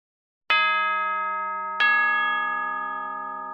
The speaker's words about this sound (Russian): Прозвучал колокол, отвлекая класс от учителя.